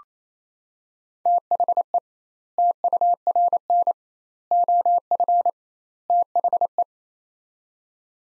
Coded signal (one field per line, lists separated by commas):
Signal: Morse code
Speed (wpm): 28 wpm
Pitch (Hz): 700 Hz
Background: none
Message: THE TURN OF THE